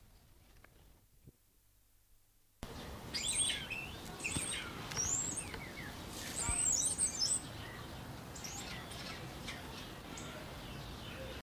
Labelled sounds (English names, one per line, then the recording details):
Crested Myna song
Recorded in captivity
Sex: male
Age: adult
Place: Zoo Berlin, Berlin, DE
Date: 1997-10-18 11:54
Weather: sunny, 12-15°C
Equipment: Nagra SN, Kopie Uher 4000 Report Monitor
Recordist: Tembrock, Günter